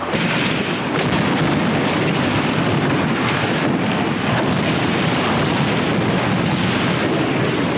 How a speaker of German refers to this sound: Heute werden ein Kamin und das Haus da drüben gesprengt. Sprengen ist billiger als abreißen.